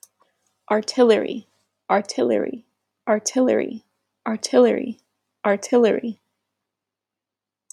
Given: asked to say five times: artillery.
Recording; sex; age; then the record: repeated word; female; 20 to 29 years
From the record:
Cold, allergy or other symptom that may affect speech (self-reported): no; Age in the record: 24 years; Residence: India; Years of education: 12